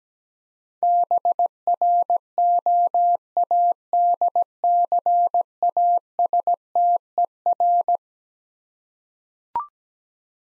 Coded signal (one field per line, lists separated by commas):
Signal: Morse code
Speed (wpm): 17 wpm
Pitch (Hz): 700 Hz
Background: none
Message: BROADCASTER